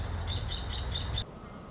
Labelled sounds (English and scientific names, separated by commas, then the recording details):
Nuttall's Woodpecker (Dryobates nuttallii)
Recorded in Sonoma County, California